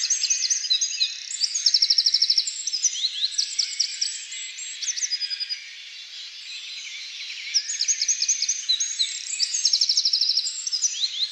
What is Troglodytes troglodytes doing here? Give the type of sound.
song